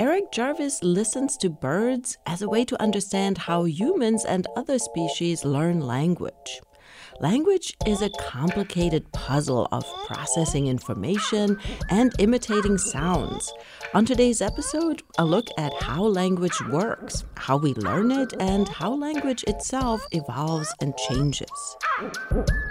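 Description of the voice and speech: One woman narrating fluently in clear, ordinary speech, with a faint background tone in places.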